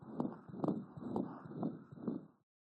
Many newborns have a continuous machine-like murmur caused by the closing of the patent ductus arteriosus. This murmur is benign and in a full-term infant should resolve within the first few days of life.